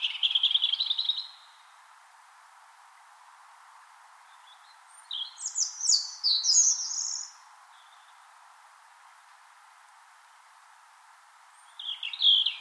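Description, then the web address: European robin song: separate bursts of high tinkling warbles and thin sliding notes, divided by long silent gaps, with a faint constant hiss underneath. Song heard on spring mornings in Finland. "Punarinta lauri hallikainen. punarinnan laulu sulostuttaa kevataamuja"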